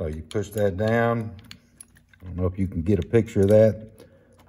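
Someone talks while handling a metal jigsaw blade at the jigsaw's blade clamp, with the quick-release lever pushed down. A few faint ticks of handling come during a pause around 1.8 to 2.1 seconds. The blade has not yet locked into the clamp, and nothing has seated or clicked yet.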